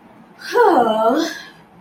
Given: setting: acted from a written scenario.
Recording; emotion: vocal sound without words; contentment